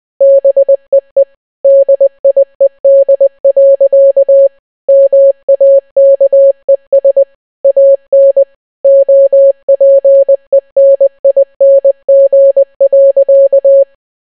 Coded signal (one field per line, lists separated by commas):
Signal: Morse code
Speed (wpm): 20 wpm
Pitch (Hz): 550 Hz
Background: none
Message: BEE DIED. MAKES AN OPENING.